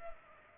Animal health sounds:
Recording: mosquito wingbeat signal from an infrared sensor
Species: Culex pipiens

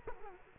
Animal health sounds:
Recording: mosquito wingbeat signal from an infrared sensor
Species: Culex quinquefasciatus

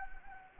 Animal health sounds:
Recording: mosquito wingbeat signal from an infrared sensor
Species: Anopheles gambiae

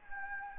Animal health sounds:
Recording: mosquito wingbeat signal from an infrared sensor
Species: Anopheles gambiae

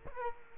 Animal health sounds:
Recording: mosquito wingbeat signal from an infrared sensor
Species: Culex quinquefasciatus

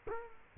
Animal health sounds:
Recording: mosquito wingbeat signal from an infrared sensor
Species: Culex quinquefasciatus

